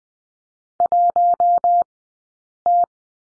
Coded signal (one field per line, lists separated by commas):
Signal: Morse code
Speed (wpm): 20 wpm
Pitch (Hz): 700 Hz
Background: none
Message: 1T